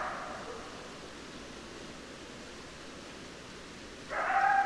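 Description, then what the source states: Coyote calls: the tail of one call at the start, quiet hiss, then another call beginning near the end. Several coyotes, recorded 10 December 2012.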